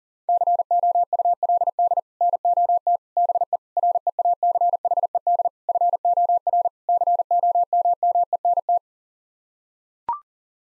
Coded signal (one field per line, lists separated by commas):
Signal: Morse code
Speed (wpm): 40 wpm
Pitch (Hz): 700 Hz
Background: none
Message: COULD NOT BE REACHED FOR COMMENT